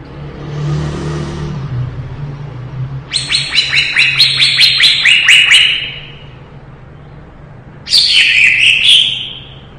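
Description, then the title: Leafbird song: a low hum at first, then a fast series of sharp high chirps, a pause, then another bright burst. Lively, energetic singing (gacor), recorded 2017. "Suara Burung Cucak Ijo Gacor, Kicauan Terbaik 2017"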